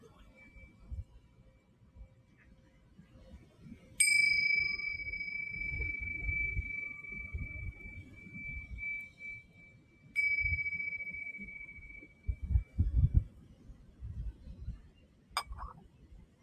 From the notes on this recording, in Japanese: シンギングボウルの音に加え波の音 風の音 誰かのかけてる音楽 話し声など